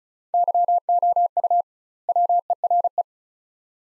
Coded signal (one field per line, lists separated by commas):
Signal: Morse code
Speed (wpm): 36 wpm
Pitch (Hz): 700 Hz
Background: none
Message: YOU WERE